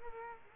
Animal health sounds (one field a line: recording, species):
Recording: mosquito wingbeat signal from an infrared sensor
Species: Culex quinquefasciatus